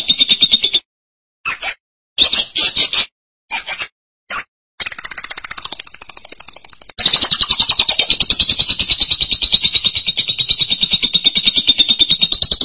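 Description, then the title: Lovebird song: a brief trill, several short, choppy high bursts, then a long rapid rattling trill holding a steady pitch to the end. "BM Suara Burung Lovebird"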